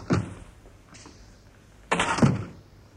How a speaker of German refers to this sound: Sie verriegeln die Tür? Was soll das?